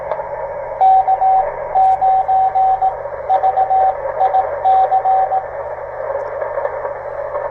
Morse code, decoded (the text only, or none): K9VIC